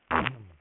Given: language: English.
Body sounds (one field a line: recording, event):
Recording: throat vibration sensor signal played as sound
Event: throat clearing